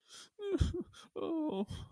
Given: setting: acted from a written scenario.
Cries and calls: vocal sound without words; sadness

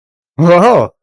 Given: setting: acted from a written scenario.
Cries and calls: vocal sound without words; positive surprise

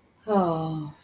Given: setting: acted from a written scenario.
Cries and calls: vocal sound without words; guilt

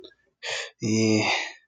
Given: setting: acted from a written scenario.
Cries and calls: vocal sound without words; shame

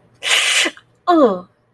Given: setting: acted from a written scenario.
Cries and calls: vocal sound without words; pain

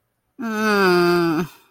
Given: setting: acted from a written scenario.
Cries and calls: vocal sound without words; disappointment

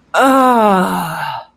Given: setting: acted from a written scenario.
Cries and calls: vocal sound without words; realization

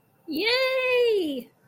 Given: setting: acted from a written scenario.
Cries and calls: vocal sound without words; elation

